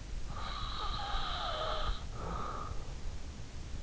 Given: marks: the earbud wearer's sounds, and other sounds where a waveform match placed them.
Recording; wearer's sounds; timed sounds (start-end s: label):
sounds in sleep by an in-ear microphone; breath
0.35-3.61 s: breath